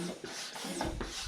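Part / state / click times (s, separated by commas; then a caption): bicycle tyre bead seating onto the wheel rim / seated / 1.0 s. A mountain bike tyre is inflated on its wheel until the bead pops up and seats into the rim. A low hiss of noise runs through the clip, and a sudden pop sounds at 1.0 s, with the bead then seated and its ridge line visible.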